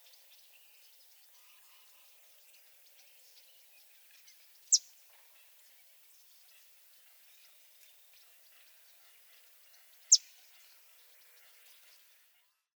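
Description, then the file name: Bay-breasted warbler calls: two sharp, very high, thin notes roughly five seconds apart, with faint steady background hiss between them. "Bay-breasted Warbler - Setophaga castanea"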